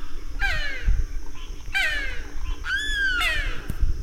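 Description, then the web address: Limpkin calls, loud wailing screeches, most dropping in pitch, given four times over a low rumbling background. "National Marsh Bird"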